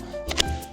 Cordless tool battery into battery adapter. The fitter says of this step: this Makita battery clicks into place and can supply power here, so we’ll crimp it,